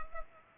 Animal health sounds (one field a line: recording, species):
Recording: mosquito wingbeat signal from an infrared sensor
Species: Culex pipiens